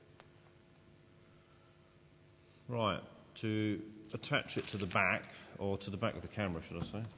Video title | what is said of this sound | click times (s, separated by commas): Tutorial: Bronica EYRS 6x4.5 medium format camera | I'll squeeze and those buttons will shoot out then it back in and get a nice click right | 0.2 s